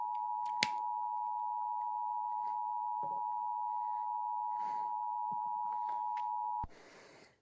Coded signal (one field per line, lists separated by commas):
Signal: Emergency Alert System (SAME) tones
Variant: 853 and 960 Hz attention tone